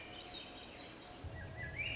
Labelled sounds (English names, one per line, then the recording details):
Swainson's Thrush
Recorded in Sonoma County, California